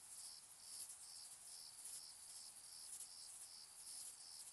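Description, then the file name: Shrill cricket chirps pulse evenly, several every couple of seconds, against a flat high hiss from other insects. Distant crickets in summer fields during evening and night; shrill, high-frequency, flat night ambience. "summer-in-the-fields-evening-night-004-distant-crickets-shrill-high-frequencies-flat-night"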